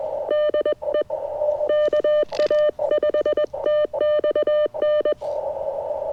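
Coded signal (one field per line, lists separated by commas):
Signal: Morse code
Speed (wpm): 20 wpm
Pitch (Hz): 1800 Hz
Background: none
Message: DE KA5TXN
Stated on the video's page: QRP CW Parks on the Air activation with a vintage Elecraft K2 and a 40-10 metre end-fed half-wave antenna.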